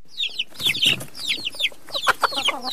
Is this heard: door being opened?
no